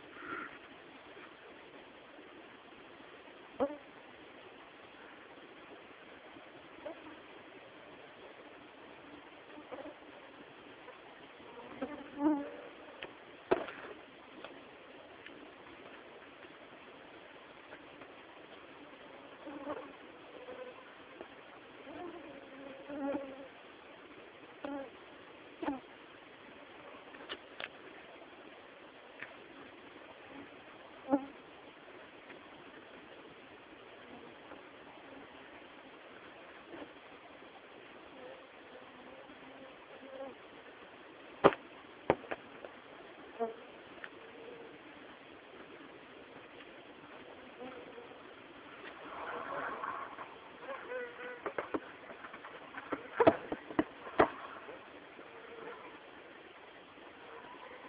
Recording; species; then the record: mosquito flight sound by mobile phone; Culex tarsalis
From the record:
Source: PrakashLab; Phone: Samsung T209